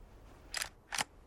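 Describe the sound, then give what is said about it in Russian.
Two short, crisp mechanical clacks about half a second apart, bright and metallic, as a lieutenant pulls a pistol from a holster and handles it, over a faint low background hum. “Лейтенант достает из кобуры пистолет.”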